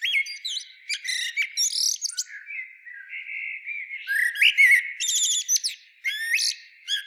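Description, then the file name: Common blackbird singing continuously, mixing low fluted warbles with thin high twittering and rapid squeaky notes throughout. "Turdus merula"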